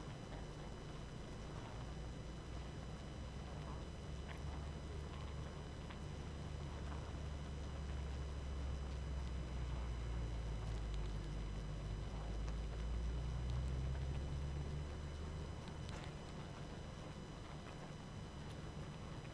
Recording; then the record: honeybee colony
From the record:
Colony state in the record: active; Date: 12 June 2018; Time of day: 21:10